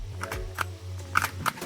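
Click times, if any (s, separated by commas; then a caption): none. The metal tongue of a Hilux Surf's rear-left seatbelt is pushed repeatedly into the nearest buckle receiver, which is the wrong one; the correct receiver is the one further to the right. Short sharp taps and scrapes sound at about 0.2, 0.3, 0.6, 1.2 and 1.5 seconds over a steady low hum. The tongue does not latch, and nothing has clicked into place.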